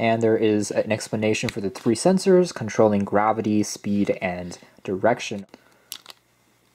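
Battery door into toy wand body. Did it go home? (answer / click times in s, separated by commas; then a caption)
yes / 5.9 s. A person talks for about five seconds before the plastic battery door of a toy coding wand is pushed onto the wand body. It snaps shut with a sharp click at 5.9 s, followed by a quieter tick just after, and locks into place.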